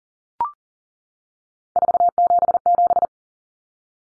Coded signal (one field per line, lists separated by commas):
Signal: Morse code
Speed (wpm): 40 wpm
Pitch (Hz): 700 Hz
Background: none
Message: 477